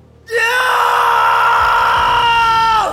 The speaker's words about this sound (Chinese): 一声咆哮般的怒吼随着瀚海乾坤罩的涌入从唐三口中爆发开来